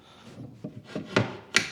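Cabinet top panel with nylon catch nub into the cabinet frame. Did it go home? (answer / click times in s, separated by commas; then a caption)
yes / 1.6 s. The longer top panel of a TV cabinet is pushed into its slot in the cabinet frame with a soft rubbing, scraping sound, then knocks at about 0.7 s and 1.2 s. A sharp click at 1.6 s is the nylon catch nub engaging, and the panel is seated.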